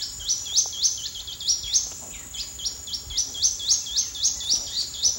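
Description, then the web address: Plain Xenops giving quick, squeaky upslurred notes in a steady run of about three to four per second, briefly broken then resumed, with a constant high-pitched background hiss. Calling, at 09:03 hours. "GLOTIN EXPLOLODGE bird samples xenopsminutus LIFECLEF 2014 BIRDAMAZON"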